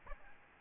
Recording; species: mosquito wingbeat signal from an infrared sensor; Aedes albopictus